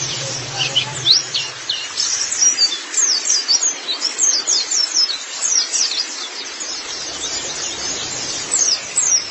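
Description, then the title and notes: White-eye song: sharp, high-pitched chirps and quick descending notes in irregular bursts, with brief low hum at the start. "Kicauan Burung Pleci Durasi Panjang. Suara kicauan burung pleci"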